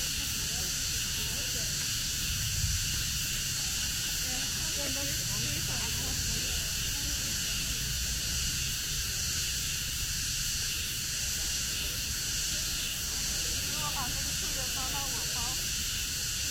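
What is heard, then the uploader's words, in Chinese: Cicadas after rain at the Ming Xiaoling in Nanjing: a dense, unbroken high-pitched drone that holds steady for the whole stretch. Faint voices surface underneath around five to seven seconds and again near fourteen seconds, with a low rumble. 南京明孝陵的雨后蝉鸣。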